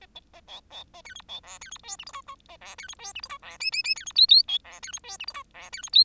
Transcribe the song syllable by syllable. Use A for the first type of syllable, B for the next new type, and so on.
A B A C C A D E C F D E G H I J J A F D E G H I J F K K K D E L L B F D E G H I J F D E L